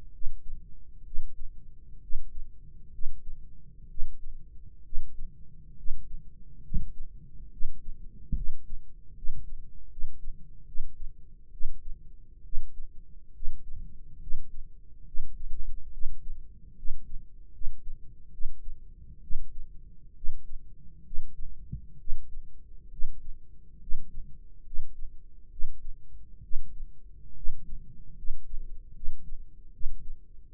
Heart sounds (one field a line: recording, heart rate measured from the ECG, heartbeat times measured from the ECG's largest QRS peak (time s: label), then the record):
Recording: heart sounds by microphone in the right ear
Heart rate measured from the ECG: 69 bpm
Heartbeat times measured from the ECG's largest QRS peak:
0.12 s: heartbeat
1.04 s: heartbeat
2.01 s: heartbeat
2.91 s: heartbeat
3.88 s: heartbeat
4.83 s: heartbeat
5.75 s: heartbeat
6.62 s: heartbeat
7.50 s: heartbeat
8.34 s: heartbeat
9.14 s: heartbeat
9.89 s: heartbeat
10.65 s: heartbeat
11.51 s: heartbeat
12.43 s: heartbeat
13.33 s: heartbeat
14.19 s: heartbeat
15.05 s: heartbeat
15.91 s: heartbeat
16.75 s: heartbeat
17.51 s: heartbeat
18.31 s: heartbeat
19.21 s: heartbeat
20.14 s: heartbeat
21.03 s: heartbeat
21.97 s: heartbeat
22.89 s: heartbeat
23.79 s: heartbeat
24.64 s: heartbeat
25.49 s: heartbeat
26.41 s: heartbeat
27.34 s: heartbeat
28.15 s: heartbeat
28.93 s: heartbeat
29.71 s: heartbeat
30.50 s: heartbeat
From the record:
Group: healthy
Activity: rest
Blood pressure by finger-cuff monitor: 159/89 mmHg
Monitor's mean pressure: 109 mmHg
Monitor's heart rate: 68 bpm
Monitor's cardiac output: 6.3 L/min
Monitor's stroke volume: 91 mL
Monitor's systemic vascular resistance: 1320 dyn s/cm5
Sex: male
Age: 21 years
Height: 180 cm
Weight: 67.5 kg